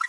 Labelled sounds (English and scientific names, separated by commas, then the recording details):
Green-rumped Parrotlet (Forpus passerinus) babbling
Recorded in a nest box in Venezuela
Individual 18B25A5